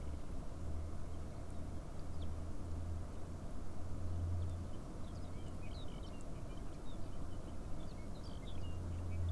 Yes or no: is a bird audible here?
yes